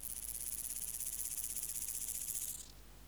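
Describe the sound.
Omocestus antigai grasshopper song: a steady, hissing buzz of rapid pulses lasting about two and a half seconds, then stopping abruptly.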